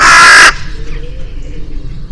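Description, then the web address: Bird giving a single loud, harsh, clipped call of about half a second, followed by low rumbling background noise. "cianscape. Deverinetal 2025. Bird Only"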